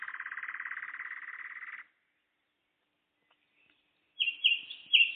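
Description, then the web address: Nightingale song: a steady rapid rattle for nearly two seconds, silence, then loud whistled notes. Singing on the evening of 11 May 2014. "spiew-slowika-11052014-wieczor"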